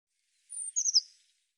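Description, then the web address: Eurasian blue tit call: a drawn-out very high thin note, then three quick, bright descending notes, with nothing else audible. "cianscape birddata Deverinetal 2025 Bird Cy Ca Cy Ca"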